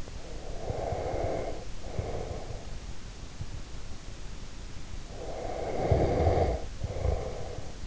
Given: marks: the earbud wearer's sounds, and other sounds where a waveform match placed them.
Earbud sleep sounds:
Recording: sounds in sleep by an in-ear microphone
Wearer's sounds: breath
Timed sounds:
0.17-2.77 s: breath
5.10-7.87 s: breath

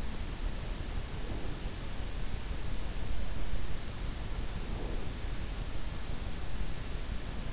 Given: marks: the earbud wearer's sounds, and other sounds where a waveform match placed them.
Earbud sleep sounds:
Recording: sounds in sleep by an in-ear microphone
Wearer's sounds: breath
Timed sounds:
1.26-1.72 s: breath
4.46-5.17 s: breath

